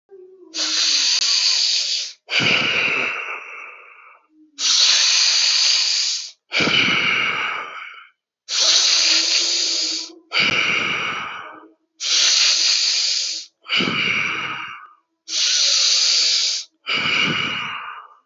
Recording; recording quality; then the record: deep breathing; excellent, no background noise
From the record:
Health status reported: healthy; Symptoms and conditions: diabetes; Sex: male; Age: 55 years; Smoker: not ticked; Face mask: not worn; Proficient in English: yes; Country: India